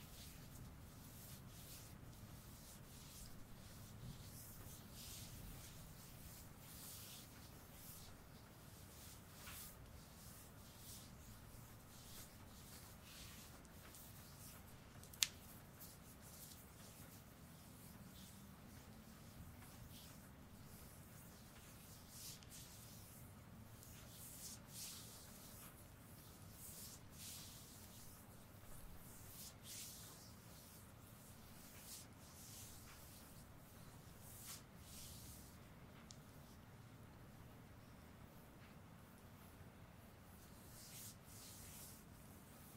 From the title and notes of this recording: ASMR shoulders Relaxing massage no talking. Intense asmr shoulder massage rp with tools.